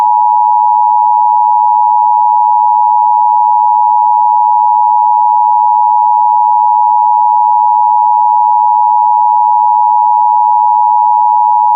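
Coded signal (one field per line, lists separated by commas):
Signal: Emergency Alert System (SAME) tones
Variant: 853 and 960 Hz attention tone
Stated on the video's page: Fictional EAS scenario set in 1995 using the old Emergency Broadcast System; simulated meteorite alert.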